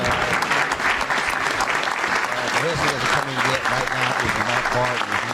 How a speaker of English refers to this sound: President of the United States is now being greeted by applause as he